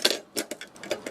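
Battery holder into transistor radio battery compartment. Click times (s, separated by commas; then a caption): 0.1 s. An empty plastic battery holder is snapped into the clean battery compartment of a second 1968 Siemens RK 501 Alpha 2 transistor radio made in Italy by Ultravox, serial number 5210, fully recapped. A sharp click at 0.1 s marks the holder popping neatly into place, since with no batteries inside no cell presses against the cords, followed by several softer ticks and knocks. The holder is seated.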